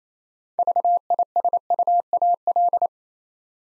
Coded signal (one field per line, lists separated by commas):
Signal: Morse code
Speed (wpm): 28 wpm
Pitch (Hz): 700 Hz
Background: none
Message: VISUAL